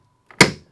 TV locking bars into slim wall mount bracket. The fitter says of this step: either side it should click back